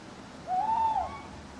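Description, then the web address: Owl hoot, a single drawn-out note that rises a little and then falls away, with a faint hiss behind it. Owls hooting at night in a churchyard. "birds backgrounds churchyard night owls hooting clock strike"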